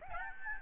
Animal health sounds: mosquito wingbeat signal from an infrared sensor; Aedes albopictus

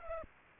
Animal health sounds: mosquito wingbeat signal from an infrared sensor; Aedes aegypti

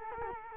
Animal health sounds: mosquito wingbeat signal from an infrared sensor; Culex quinquefasciatus

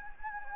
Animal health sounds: mosquito wingbeat signal from an infrared sensor; Anopheles gambiae

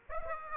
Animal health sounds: mosquito wingbeat signal from an infrared sensor; Aedes aegypti

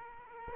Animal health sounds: mosquito wingbeat signal from an infrared sensor; Aedes aegypti

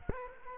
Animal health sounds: mosquito wingbeat signal from an infrared sensor; Culex quinquefasciatus

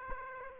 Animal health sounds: mosquito wingbeat signal from an infrared sensor; Aedes aegypti

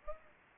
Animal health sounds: mosquito wingbeat signal from an infrared sensor; Aedes aegypti

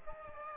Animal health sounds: mosquito wingbeat signal from an infrared sensor; Aedes aegypti

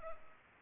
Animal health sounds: mosquito wingbeat signal from an infrared sensor; Culex pipiens

